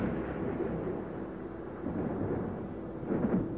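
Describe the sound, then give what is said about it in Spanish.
Deep, rolling thunder rumbles steadily for a few seconds with a hiss of rain underneath, swelling briefly louder just before it ends: a sudden, dry thunderclap after a flash of lightning in a night storm, shaking a house. No voices are heard. “De pronto, un espantoso ruido seco, como la sombra de un grito de luz que nos dejó ciegos, conmovió la casa.”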